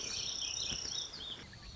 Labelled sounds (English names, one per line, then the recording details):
Pacific Wren
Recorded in Sonoma County, California